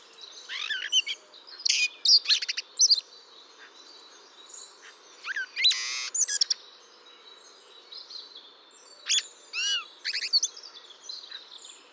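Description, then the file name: Eurasian blackbird singing high twittering phrases with sweeping, swooping notes, in several bursts separated by pauses. "Turdus merula"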